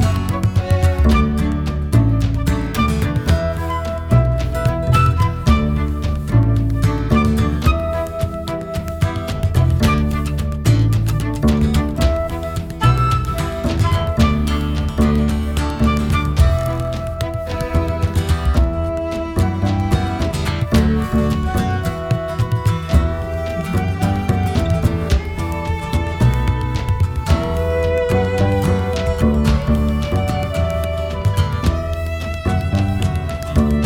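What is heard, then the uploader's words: Lively Irish-style drinking music plays without a break, dense and loud throughout with a strong, driving low end and a busy, quick beat. Bright melody lines weave and shift over the steady accompaniment, keeping the same energetic pace for the whole stretch. High-energy Irish-like drinking music in an authentic pub. A proper Irish pub with tiny windows that are too high to see out of and thick dark carpeting that always smells like old beer.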